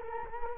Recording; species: mosquito wingbeat signal from an infrared sensor; Culex quinquefasciatus